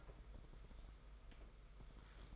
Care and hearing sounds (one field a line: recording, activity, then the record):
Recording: daily activity, microphone in the room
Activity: take from stove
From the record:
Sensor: 5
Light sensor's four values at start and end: 33/105/40/43 and 34/107/41/43